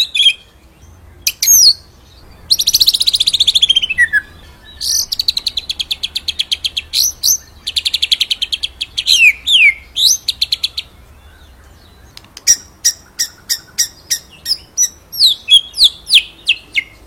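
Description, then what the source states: White-rumped shama in full song: buzzy high trills, rapid rattling series, sweeping whistled slurs, then a steady string of sharp repeated notes toward the end. Masteran training song for songbirds; full rolling song.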